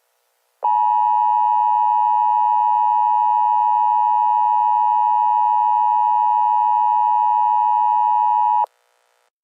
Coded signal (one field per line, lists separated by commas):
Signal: Emergency Alert System (SAME) tones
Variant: 853 and 960 Hz attention tone